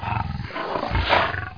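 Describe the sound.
Big cat roaring: a rough, raspy roar that fades briefly, then swells into a louder, grating second surge near the end.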